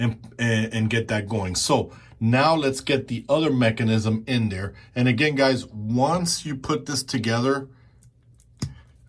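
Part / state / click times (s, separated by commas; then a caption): plastic build-a-figure piece into the mating mechanism of the assembled action figure / seated / 8.0 s, 8.4 s, 8.6 s. Someone talks, then a plastic build-a-figure piece for the McFarlane DC Starro action figure is pushed into the mating connection mechanism of the assembled figure. The joint gives several short clicks at about 8.0, 8.4 and 8.6 seconds as it locks, and the piece is seated.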